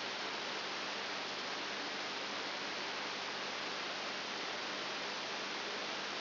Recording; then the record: brain microelectrode recording played as sound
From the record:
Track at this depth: inside the subthalamic nucleus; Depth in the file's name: 5.7 mm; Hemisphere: right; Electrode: 3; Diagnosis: Parkinson's disease